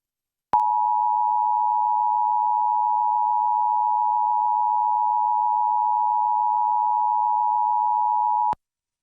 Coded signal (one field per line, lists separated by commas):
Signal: Emergency Alert System (SAME) tones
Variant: 853 and 960 Hz attention tone